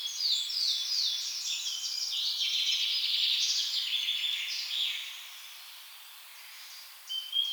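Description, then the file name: Eurasian blackcap song: a long rapid warble of scratchy twittering notes that fades, followed by a short whistled note. "Sylvia atricapilla"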